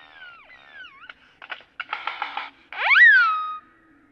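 Great-tailed grackle calls: wavering whistles, a burst of rattling clatter, then a loud rising whistle that falls and levels off.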